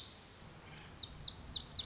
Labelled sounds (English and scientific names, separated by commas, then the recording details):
Lazuli Bunting (Passerina amoena)
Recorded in Sonoma County, California